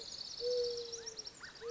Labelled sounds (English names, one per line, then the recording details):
Mourning Dove
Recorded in Sonoma County, California